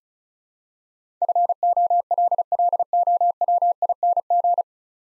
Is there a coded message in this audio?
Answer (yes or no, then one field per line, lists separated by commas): yes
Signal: Morse code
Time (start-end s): 1.2-4.6 s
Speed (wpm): 34 wpm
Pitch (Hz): 700 Hz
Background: none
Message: FOLLOWING